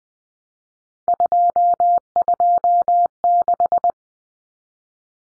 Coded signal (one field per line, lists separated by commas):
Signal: Morse code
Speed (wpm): 20 wpm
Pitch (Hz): 700 Hz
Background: none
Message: 226